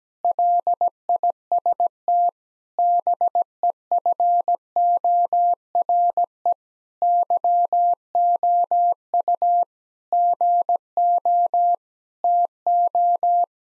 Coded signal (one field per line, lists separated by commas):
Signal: Morse code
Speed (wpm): 17 wpm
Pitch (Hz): 700 Hz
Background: none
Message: LIST BEFORE YOU GO TO